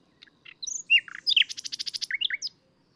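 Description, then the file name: Common nightingale song: a varied phrase of sweeping whistles and a low dipping note leading into a fast, loud train of repeated clicking notes. "Luscinia megarhynchos"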